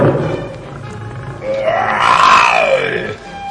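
An old lion lets out a long, angry roar that swells upward in pitch and then falls away, after a low rumbling growl at the start. No one speaks.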